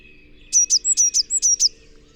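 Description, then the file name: Eurasian blue tit calling: one quick, even series of several high, thin notes lasting about a second, then quiet. "Cyanistes caeruleus"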